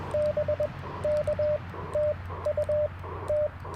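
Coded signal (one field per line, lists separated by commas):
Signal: Morse code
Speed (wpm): 21 wpm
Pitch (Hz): 600 Hz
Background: radio noise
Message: BK TU T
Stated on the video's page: Live early-morning QRP CW Parks on the Air activation in a national forest, using an Icom IC-705, Alex Loop antenna and paddle key.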